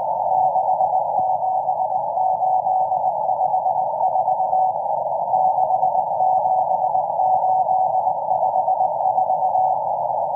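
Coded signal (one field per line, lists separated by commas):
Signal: Morse code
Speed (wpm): 19 wpm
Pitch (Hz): 750 Hz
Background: none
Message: 67854 67854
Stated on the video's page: M14 Morse number station on 17458 kHz at 09:30 UTC, an extremely long message running until 10:20 UTC.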